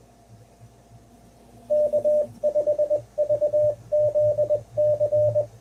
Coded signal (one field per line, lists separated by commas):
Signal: Morse code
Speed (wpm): 20 wpm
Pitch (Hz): 600 Hz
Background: radio noise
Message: K5VZC